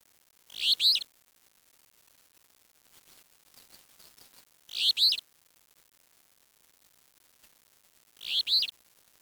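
Bird giving three short, bright, chirping calls, each a quick double note, spaced about four seconds apart over a faint background hiss.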